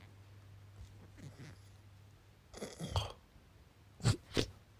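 Irregular snorting, gasping bursts from a sleeping adult man straining to inhale at night, fitting snoring with obstructive sleep apnea, before any sleep testing.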